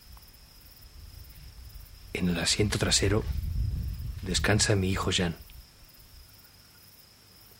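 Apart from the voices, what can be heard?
crickets chirping at night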